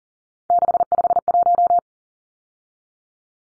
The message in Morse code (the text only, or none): 651